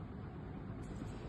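A replacement micro switch is handled at its mounting on a vending machine dispenser, to be pushed in until it locks. Only steady low rumbling background noise is heard, with no distinct click. Nothing has seated or clicked yet.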